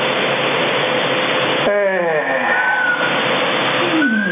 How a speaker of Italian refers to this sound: Ma c'è qualcuno che fischia nel tuo QTH? Questo spagnolo. No, non è che fischia, è il vento